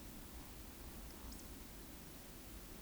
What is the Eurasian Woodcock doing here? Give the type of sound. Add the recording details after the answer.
whistle, croak. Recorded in Baden-Württemberg, Germany, on 9 June 2021 at 20:15 UTC. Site 25175, 602 m above sea level